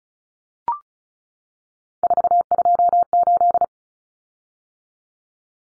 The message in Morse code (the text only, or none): 428